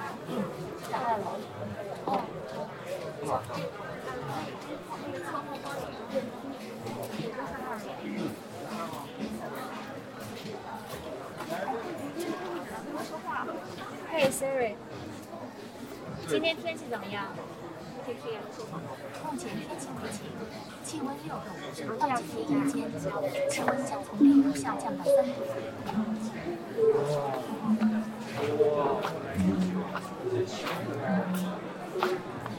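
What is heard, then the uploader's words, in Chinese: Evening at the Apple store in Sanlitun, Beijing: a steady, dense crowd of overlapping voices fills the whole clip, with no single speaker standing out for long. Small clicks and clatters pop up throughout, and several brief chiming tones appear in the final ten seconds. 晚上八点的Apple店｜城市声音。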